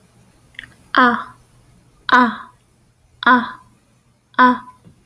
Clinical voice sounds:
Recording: vowel held as long as possible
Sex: female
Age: 30 to 39 years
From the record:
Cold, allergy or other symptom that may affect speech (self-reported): no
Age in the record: 32 years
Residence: Texas, United States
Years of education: 18

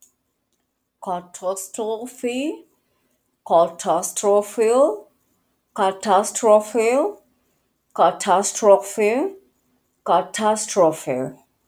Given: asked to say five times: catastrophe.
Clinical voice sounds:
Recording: repeated word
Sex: female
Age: 40 to 49 years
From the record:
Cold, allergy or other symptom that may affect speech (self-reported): no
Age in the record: 40 years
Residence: Washington, United States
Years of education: 16

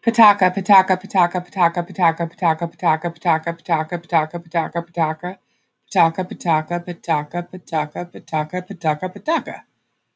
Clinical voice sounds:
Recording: repeated syllables /pa ta ka/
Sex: female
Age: 30 to 39 years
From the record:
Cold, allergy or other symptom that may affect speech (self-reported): no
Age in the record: 33 years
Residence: Illinois, United States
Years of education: 16

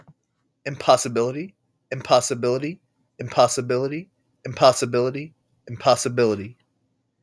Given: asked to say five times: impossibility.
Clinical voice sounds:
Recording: repeated word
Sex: male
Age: 30 to 39 years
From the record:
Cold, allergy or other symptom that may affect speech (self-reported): no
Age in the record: 32 years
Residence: Indiana, United States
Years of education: 18

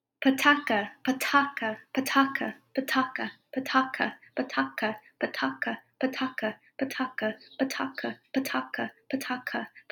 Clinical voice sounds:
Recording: repeated syllables /pa ta ka/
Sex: female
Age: 20 to 29 years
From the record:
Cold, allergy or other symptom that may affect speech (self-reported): no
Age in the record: 25 years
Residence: California, United States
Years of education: 18

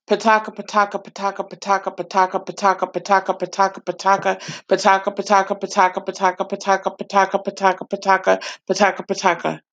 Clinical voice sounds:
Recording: repeated syllables /pa ta ka/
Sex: female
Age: 30 to 39 years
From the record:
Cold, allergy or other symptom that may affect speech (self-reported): no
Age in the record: 36 years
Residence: Maryland, United States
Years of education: 19

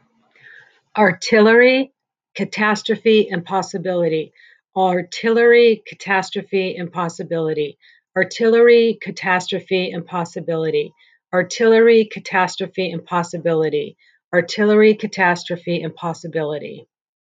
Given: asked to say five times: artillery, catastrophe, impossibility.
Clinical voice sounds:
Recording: three words, each repeated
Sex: female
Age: 50 to 59 years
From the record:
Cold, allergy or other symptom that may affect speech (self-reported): no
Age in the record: 52 years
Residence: Illinois, United States

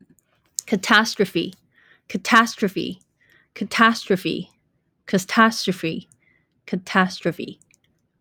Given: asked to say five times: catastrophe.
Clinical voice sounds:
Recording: repeated word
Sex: female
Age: 40 to 49 years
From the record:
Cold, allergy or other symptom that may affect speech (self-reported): no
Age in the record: 41 years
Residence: Washington, United States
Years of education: 19

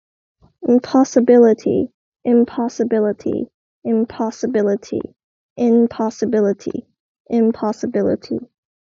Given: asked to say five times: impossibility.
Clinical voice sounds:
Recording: repeated word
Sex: female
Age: 20 to 29 years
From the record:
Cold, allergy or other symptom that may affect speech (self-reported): no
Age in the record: 22 years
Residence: Pennsylvania, United States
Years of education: 16

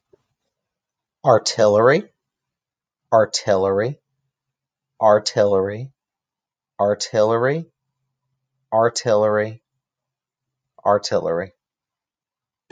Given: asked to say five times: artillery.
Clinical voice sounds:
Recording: repeated word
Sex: male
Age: 30 to 39 years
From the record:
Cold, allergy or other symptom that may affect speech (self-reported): no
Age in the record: 30 years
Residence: Rhode Island, United States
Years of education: 18

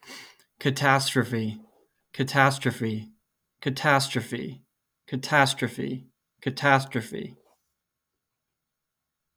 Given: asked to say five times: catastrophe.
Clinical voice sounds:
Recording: repeated word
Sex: male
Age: 20 to 29 years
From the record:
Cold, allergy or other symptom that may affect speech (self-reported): no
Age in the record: 25 years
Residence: Rhode Island, United States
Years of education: 16

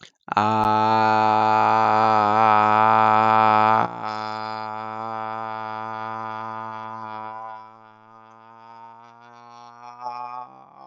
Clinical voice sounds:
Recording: vowel held as long as possible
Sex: male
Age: 20 to 29 years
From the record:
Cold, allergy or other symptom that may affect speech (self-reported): no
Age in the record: 25 years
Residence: Maryland, United States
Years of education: 12

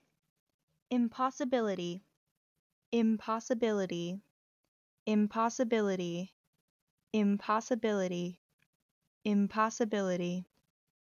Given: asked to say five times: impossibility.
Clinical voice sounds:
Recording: repeated word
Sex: female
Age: 20 to 29 years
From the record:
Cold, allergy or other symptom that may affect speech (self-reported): no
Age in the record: 21 years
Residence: New Jersey, United States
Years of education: 15

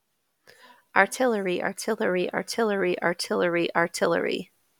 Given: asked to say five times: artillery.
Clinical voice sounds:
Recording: repeated word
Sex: female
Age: 30 to 39 years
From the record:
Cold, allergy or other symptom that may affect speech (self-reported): no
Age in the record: 39 years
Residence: Georgia, United States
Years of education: 16

